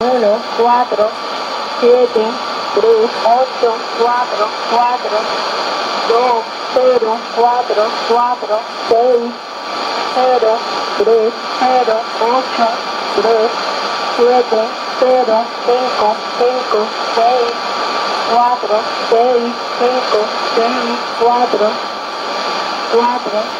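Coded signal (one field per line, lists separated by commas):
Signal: numbers station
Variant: HM01, Spanish voice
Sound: a voice speaking in short, fairly regular phrases over steady radio hiss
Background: radio static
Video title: 20 10 2014 Cuban Spy HM01 in Spanish 0602 on 10345 probably via La Habana, Bauta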